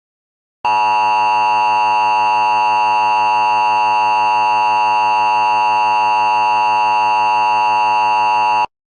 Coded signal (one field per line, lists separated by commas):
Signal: Emergency Alert System (SAME) tones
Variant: 853 and 960 Hz attention tone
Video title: EAS 1: Scott TN AMBER ALERT